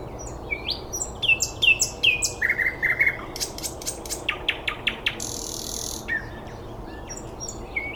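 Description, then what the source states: Bird song mixing clear whistled phrases and a run of quick sharp notes, followed by a brief buzzy burst and scattered high chirps against low hiss. Recorded 9 May 2014 at 06:39.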